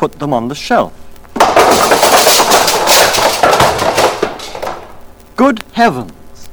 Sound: loud crash